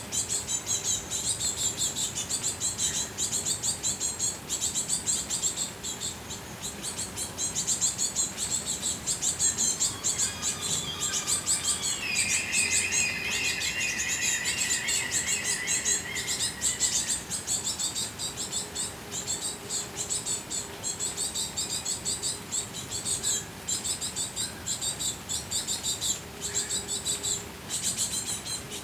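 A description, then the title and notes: A buzzing forest with a dense, steady shimmer of high insect and bird chirps running through the whole recording. Around 11 to 17 seconds a clearer, mid-pitched call rises above the chorus, and a low hum sits underneath throughout. The Forest is Buzzing.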